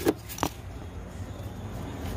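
An Allen wrench is turned on the clutch fork adjuster in the dual-clutch transmission actuator of a Ford Focus DPS6 DCT transmission, and two sharp metallic clicks at 0.4 s and 0.4 s sound as the wrench slips, followed by low background noise. The adjuster will not turn and is stripped, which is blamed on a lot of rust inside.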